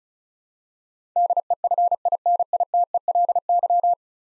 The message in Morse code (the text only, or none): DEFINITELY